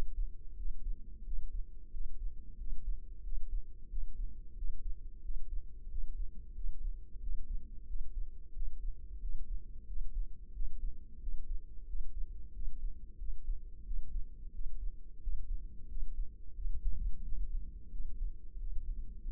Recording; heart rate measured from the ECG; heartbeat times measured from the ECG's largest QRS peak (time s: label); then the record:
heart sounds by microphone in the left ear; 90 bpm
0.58 s: heartbeat
1.26 s: heartbeat
1.93 s: heartbeat
2.59 s: heartbeat
3.25 s: heartbeat
3.91 s: heartbeat
4.57 s: heartbeat
5.24 s: heartbeat
5.91 s: heartbeat
6.56 s: heartbeat
7.22 s: heartbeat
7.88 s: heartbeat
8.55 s: heartbeat
9.22 s: heartbeat
9.88 s: heartbeat
10.55 s: heartbeat
11.21 s: heartbeat
11.88 s: heartbeat
12.55 s: heartbeat
13.20 s: heartbeat
13.86 s: heartbeat
14.54 s: heartbeat
15.22 s: heartbeat
15.90 s: heartbeat
16.57 s: heartbeat
17.25 s: heartbeat
17.93 s: heartbeat
18.60 s: heartbeat
19.25 s: heartbeat
From the record:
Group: healthy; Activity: rest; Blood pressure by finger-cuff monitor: 136/85 mmHg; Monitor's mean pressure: 102 mmHg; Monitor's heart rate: 90 bpm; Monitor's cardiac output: 7.3 L/min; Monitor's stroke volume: 82 mL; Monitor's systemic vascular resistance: 1040 dyn s/cm5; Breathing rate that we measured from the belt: 18 breaths a minute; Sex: male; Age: 21 years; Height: 175 cm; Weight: 72.6 kg